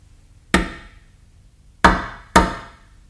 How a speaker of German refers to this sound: Wer klopft? Ein Edelmann.